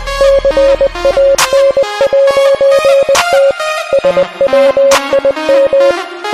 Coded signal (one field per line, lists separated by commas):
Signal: Morse code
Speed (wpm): 20 wpm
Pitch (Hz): 550 Hz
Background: music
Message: CAN'T SWIM